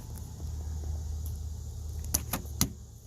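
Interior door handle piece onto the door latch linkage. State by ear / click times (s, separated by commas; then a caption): not seated / none. On a 2007 Ford Fusion, the plastic interior door handle piece is pushed down with some force to snap its rod clip onto the door latch linkage. Over a low steady hum, a few sharp knocks sound at about 2.2, 2.3 and 2.6 seconds. The clip has not seated or clicked into place, so the attempt fails.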